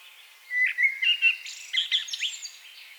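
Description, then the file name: Common blackbird delivering one phrase: a smooth, fluted whistle sliding up, then a rush of high, thin twittering notes. "Turdus merula"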